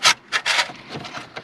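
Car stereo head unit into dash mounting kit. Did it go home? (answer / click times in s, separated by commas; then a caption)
yes / 1.4 s. An aftermarket Bluetooth stereo head unit is pushed into the plastic dash mounting kit of a 2000 Chevy Malibu, with several bright rubbing, scraping bursts as it slides in, then quieter scraping. It latches with a short, sharp click at 1.4 s, and the unit is seated.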